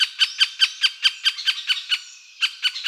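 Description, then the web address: Middle spotted woodpecker giving a rapid series of harsh, squeaky call notes, about five per second, pausing briefly before resuming. "Dendrocopos medius"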